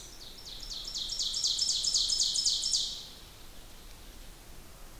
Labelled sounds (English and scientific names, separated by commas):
Ovenbird (Seiurus aurocapilla) song